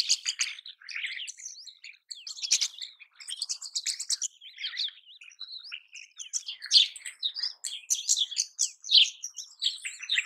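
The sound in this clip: Rosy starling chatter: a continuous run of harsh grating notes, thin squeaks and short whistles, varied in pitch and loudness.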